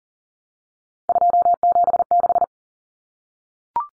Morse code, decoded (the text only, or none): 276